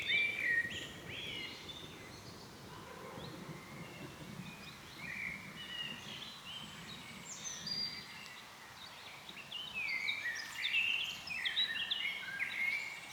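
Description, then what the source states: Bird song, many quick high twitters and chirped phrases from several birds, steady and overlapping, over soft low background rumble. Birds singing, with thunder and rustling leaves.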